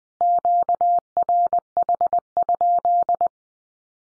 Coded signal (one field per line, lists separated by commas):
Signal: Morse code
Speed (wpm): 20 wpm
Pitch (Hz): 700 Hz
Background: none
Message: QRH?